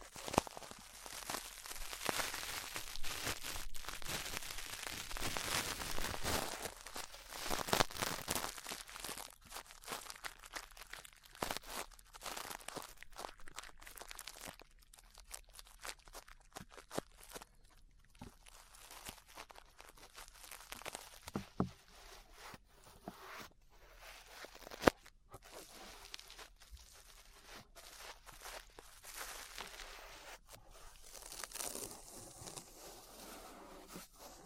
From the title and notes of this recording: ASMR Relaxing 3Dio Ear Brushing (No Talking).